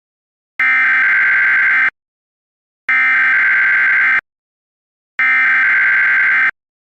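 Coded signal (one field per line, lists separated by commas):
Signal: Emergency Alert System (SAME) tones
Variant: header bursts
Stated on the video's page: Fictional EAS scenario, not a real alert.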